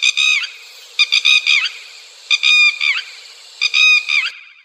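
Night birds: night bird calls in four short bursts of rasping, harmonic notes with buzzy trailing tails, grouped roughly every 1.2 seconds.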